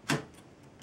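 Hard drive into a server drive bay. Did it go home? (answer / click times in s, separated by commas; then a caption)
no / none. A hard drive in its caddy is handled while being slid into a drive bay of an HPE Microserver G8 small home server. A sharp, bright knock at about 0.1 s fades into quiet with a couple of faint ticks. Nothing has seated or clicked yet.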